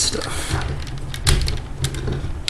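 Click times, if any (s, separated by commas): 2.5 s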